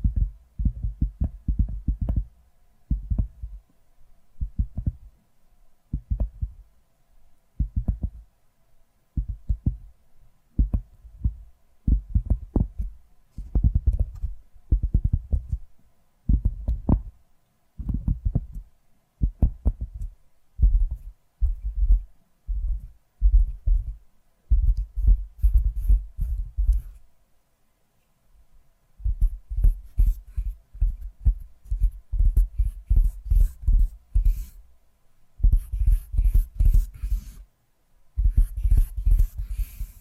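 Tapping sounds play in short, uneven bursts, each a soft, low thud, sometimes single and sometimes in quick clusters of two or three. After about 25 seconds, the taps come denser and are joined by a crisp, bright rustling or crackling layer that fades in and out.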